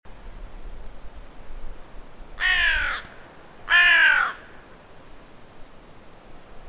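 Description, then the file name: Carrion crow cawing: two harsh, hoarse caws about a second apart, each lasting around half a second, over a low background hiss. "Corvus corone"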